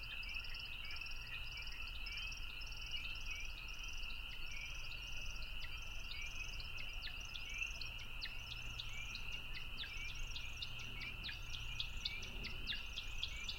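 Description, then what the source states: American woodcock flight twittering, a rapid series of high chirping notes, over a dense, steady chorus of spring peepers and a low background rumble. Stereo, in flight, with spring peepers calling in the background.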